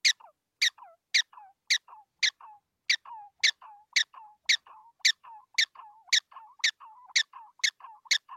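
Prairie dog calls: loud, sharp, high chirps, about two per second, each trailed by a softer, lower falling note.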